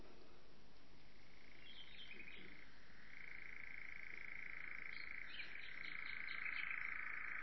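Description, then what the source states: European nightjar churring, a steady mechanical trill held on one pitch that shifts slightly after a few seconds and continues to the end, over faint background hiss. Heathland at dusk on a sultry August evening.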